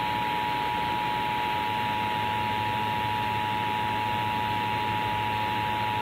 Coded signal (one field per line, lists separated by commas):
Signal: Emergency Alert System (SAME) tones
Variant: 853 and 960 Hz attention tone